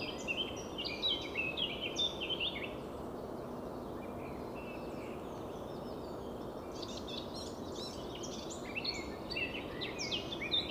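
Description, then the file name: Eurasian blackcap song: two bursts of rapid, jumbled warbling notes separated by a few quieter seconds, against steady background hiss. "Sylvia atricapilla"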